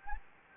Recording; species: mosquito wingbeat signal from an infrared sensor; Anopheles gambiae